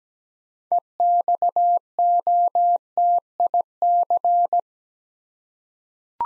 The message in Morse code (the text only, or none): EXOTIC